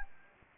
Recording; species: mosquito wingbeat signal from an infrared sensor; Anopheles arabiensis